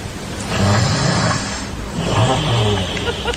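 Two rough, low rattling snores, each just over a second long: loud fluttering snoring from a sleeping adult woman, sounding like a cartoon snore.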